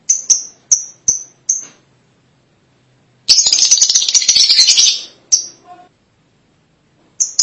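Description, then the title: Lovebird giving sharp high squeaks roughly every half second, then a loud two-second buzzy chattering burst, with a few more squeaks after. "Suara Burung Lovebird"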